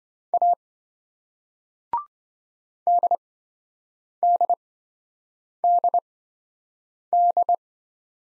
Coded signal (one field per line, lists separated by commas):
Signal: Morse code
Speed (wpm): 25 wpm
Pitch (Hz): 700 Hz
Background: none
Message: A DDDD